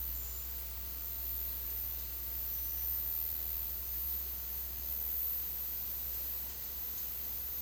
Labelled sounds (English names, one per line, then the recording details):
none
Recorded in dense forest near Puerto Asís, Putumayo, Colombia, on 20 February 2024 at 12:30
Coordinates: 0.505, -76.324
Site G6467